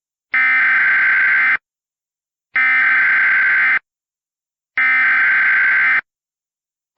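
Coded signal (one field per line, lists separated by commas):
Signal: Emergency Alert System (SAME) tones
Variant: header bursts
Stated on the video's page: EAS remakes with valid tones, from hurricane-related flash flood and tornado warnings.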